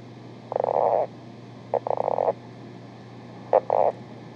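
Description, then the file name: Lowland leopard frog calling in three short bursts of fast, rattling pulses, over a low steady hum. "ryavapaiensistu"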